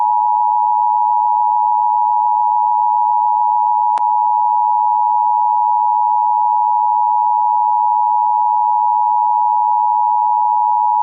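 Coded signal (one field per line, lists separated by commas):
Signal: Emergency Alert System (SAME) tones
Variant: 853 and 960 Hz attention tone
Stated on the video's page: Simulated EAS scenario.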